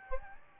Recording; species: mosquito wingbeat signal from an infrared sensor; Aedes albopictus